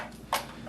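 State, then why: Seated. A plastic battery pack is pressed into its bay in the hull of an orange Udirc Venom 2.4GHz high-speed remote control electric boat. A single sharp snap is heard at 0.3 seconds over a quiet background. The battery pack snaps in and is seated.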